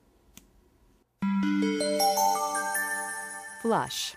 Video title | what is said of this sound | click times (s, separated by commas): التصفية بالبريتون حول العالم -- مرضى يعيشون بها في أوربا أمريكا آسيا | and ensure that it clicks in | 0.4 s